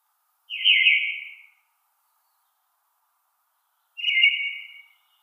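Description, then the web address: Eyebrowed thrush song: two short phrases, each about a second long, separated by a few seconds of silence. "Schulze Peter Eyebrowed Thrush song"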